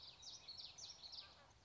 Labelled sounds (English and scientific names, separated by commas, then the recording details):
Common Yellowthroat (Geothlypis trichas)
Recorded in Sonoma County, California